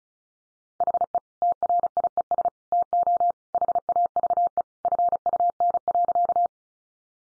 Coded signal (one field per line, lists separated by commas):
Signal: Morse code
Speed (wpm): 34 wpm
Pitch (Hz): 700 Hz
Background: none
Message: HE TRIES TO HAVE FUN.